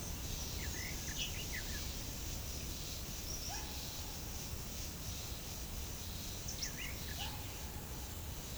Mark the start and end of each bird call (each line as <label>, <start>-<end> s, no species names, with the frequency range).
bird call (1.0-3.1 kHz), 0.43-1.91 s
bird call (0.6-3.7 kHz), 6.60-7.57 s